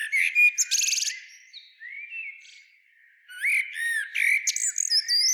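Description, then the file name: Common blackbird delivers a loud, chattering phrase with a buzzy note, drops to soft thin sounds, then bursts into a second twittering, warbled phrase. "Turdus merula"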